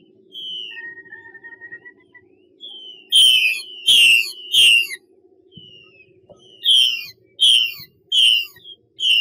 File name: Tieng chim hoa mi mai xuy